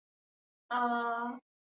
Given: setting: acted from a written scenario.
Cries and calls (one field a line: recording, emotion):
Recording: vocal sound without words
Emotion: disappointment